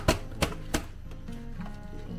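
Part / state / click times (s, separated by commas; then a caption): side panels of a folding plastic storage box locking into the box frame / seated / 0.1 s, 0.4 s, 0.8 s. The two folded side panels of a Naturehike LingYue L plastic camping folding storage box (23 L / 52 L) are pushed down and pressed hard into the box frame. Three loud, sharp snaps are heard at about 0.1, 0.4 and 0.8 seconds over a quiet, steady background, followed by fainter knocks. The side panels snap and lock tightly into place.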